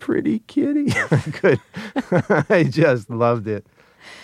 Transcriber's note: soundbite of laughter